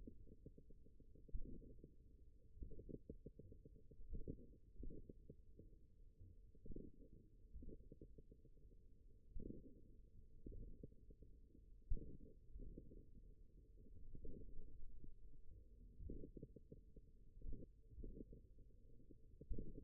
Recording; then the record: forearm muscle sounds (acoustic myography)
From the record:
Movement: finger pinch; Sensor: system 1, eight BSWA MPA416 microphones around the upper forearm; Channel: 3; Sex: male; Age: 41 years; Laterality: right